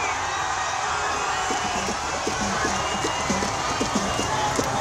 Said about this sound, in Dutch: De spelers werden gisteren in een open bus door Rabat gereden en duizenden mensen juichten ze toe.